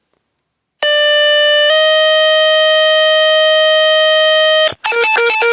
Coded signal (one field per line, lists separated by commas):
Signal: two-tone page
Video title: ACTIVE 911 PAGER SOUNDS